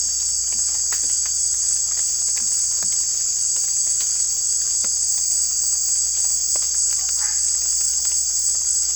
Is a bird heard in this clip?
no